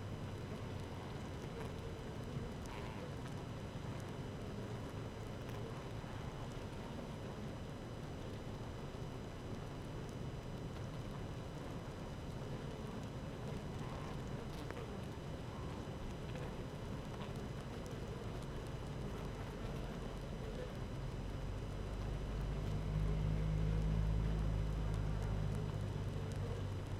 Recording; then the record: honeybee colony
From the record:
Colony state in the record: active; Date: 12 June 2018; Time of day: 15:03